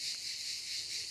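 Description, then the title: Cicada song as an even, hissing high drone with only slight wavering in strength; a faint tick appears near the start. "cigales"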